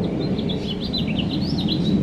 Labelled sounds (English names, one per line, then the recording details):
House Finch song
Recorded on Long Island, New York, on 26 May 2012
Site OB
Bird A